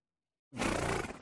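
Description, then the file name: Horse giving a single harsh, breathy, noisy sound that starts abruptly after silence and lasts under a second, rough across a wide range of pitch. "audio hero Horse"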